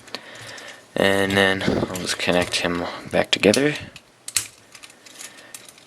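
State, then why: Seated. A plastic construction-brick sub-assembly on small 1x2 pieces with pins is pressed into a brick-built Optimus Prime model figure and snaps into place with a single sharp click at 0.2 s. Someone then talks, and a few lighter clicks and taps follow near the end.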